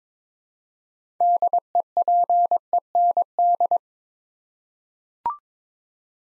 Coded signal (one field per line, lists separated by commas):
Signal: Morse code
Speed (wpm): 21 wpm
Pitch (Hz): 700 Hz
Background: none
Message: DEPEND